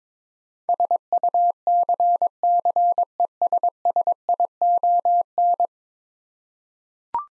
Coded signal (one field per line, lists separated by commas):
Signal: Morse code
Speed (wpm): 22 wpm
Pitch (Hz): 700 Hz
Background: none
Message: SUCCESSION